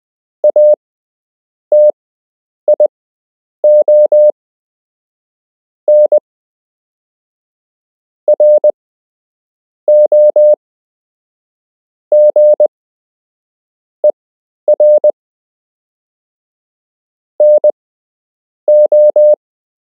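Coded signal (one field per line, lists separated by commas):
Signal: Morse code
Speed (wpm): 20 wpm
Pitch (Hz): 600 Hz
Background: none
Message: ATION ROGER NO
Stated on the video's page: Beginner Morse code lesson with real Morse code to learn, part of a structured lesson plan.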